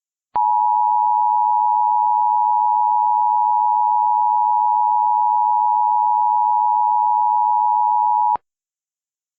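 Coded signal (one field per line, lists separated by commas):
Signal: Emergency Alert System (SAME) tones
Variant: 853 and 960 Hz attention tone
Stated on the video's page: Fictional EAS scenario with valid SAME tones, simulated alert about an Elmo rampage across the U.S.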